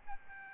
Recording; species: mosquito wingbeat signal from an infrared sensor; Aedes albopictus